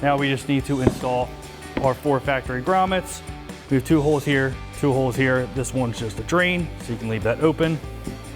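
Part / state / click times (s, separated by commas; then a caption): rubber mounting grommet into the air box hole / not seated / none. Four factory rubber mounting grommets are being readied for the holes of the plastic air box of an aFe Magnum FORCE Stage-2 cold air intake for a 2019-2024 5.7L RAM 1500; one more hole is a drain and stays open. Someone talks over background music while handling the parts. Nothing has seated or clicked yet.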